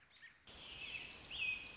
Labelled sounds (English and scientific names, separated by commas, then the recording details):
American Robin (Turdus migratorius)
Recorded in Sonoma County, California